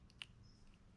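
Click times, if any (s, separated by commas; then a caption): 0.1 s, 0.2 s. Crimped wire terminals for a Porsche 914 Ferrari swap wiring job are pushed into a plastic connector housing, with small clicks at 0.1 s and 0.2 s as they seat. The terminals click into place, though one of them did not go in.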